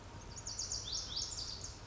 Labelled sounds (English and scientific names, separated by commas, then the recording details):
Lazuli Bunting (Passerina amoena)
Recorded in Sonoma County, California